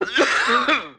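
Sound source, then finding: Adult male, acted sound effect. Cough.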